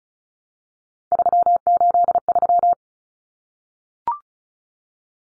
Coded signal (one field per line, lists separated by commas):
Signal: Morse code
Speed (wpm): 34 wpm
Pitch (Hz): 700 Hz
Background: none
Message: 383